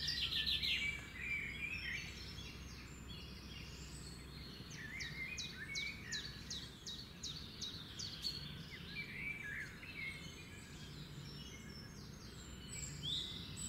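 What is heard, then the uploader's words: Morning birdsong fills the air with many overlapping bright chirps and trills over a steady low outdoor rumble throughout. Morning Bird Sounds, Spectacular Morning Bird Song to start new day.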